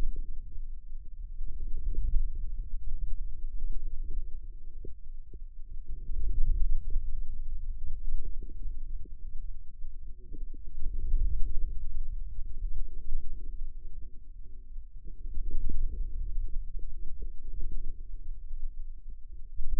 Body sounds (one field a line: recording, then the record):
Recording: forearm muscle sounds (acoustic myography)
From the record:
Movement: wrist flexion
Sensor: system 2, bracelet of six BSWA MPA416 microphones around the upper forearm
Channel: 5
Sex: male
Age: 22 years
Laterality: right